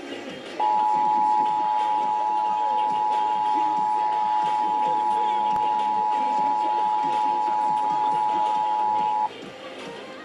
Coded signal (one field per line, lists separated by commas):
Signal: Emergency Alert System (SAME) tones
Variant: 853 and 960 Hz attention tone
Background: speech, music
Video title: Week of 03/15/2026 EAS Capture 732-753